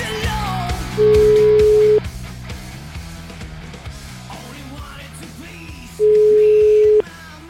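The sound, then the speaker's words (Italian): A phone call to a jeweler rings back twice: a steady, mid-pitched tone lasting about a second, then silence for several seconds before it repeats, with music playing underneath throughout. “Vai col telefono.”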